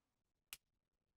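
A retriever tool inserted into a 35mm film canister turns the film spool counterclockwise from the top. A single sharp detent click sounds at 0.5 seconds against near silence as the spool tab seats, the first of three clicks.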